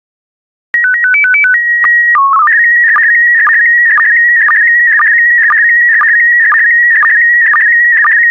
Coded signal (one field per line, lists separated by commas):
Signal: SSTV (slow-scan television)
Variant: PD 120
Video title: 172070 Action Sailing SSTV PD120